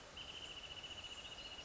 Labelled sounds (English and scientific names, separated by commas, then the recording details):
Wrentit (Chamaea fasciata)
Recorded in Sonoma County, California